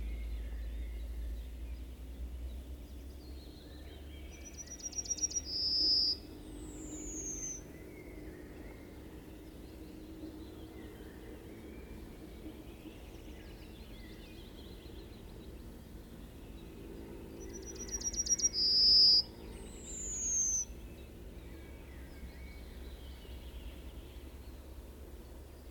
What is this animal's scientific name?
Emberiza citrinella